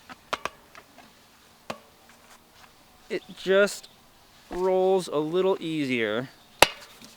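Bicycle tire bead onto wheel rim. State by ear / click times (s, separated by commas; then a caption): seated / 6.6 s. The last section of a road bike tire bead is rolled by hand over the rim wall by the valve, with a few light ticks early on while someone talks. At 6.6 s a sharp, loud snap rings out as the bead seats onto the wheel rim.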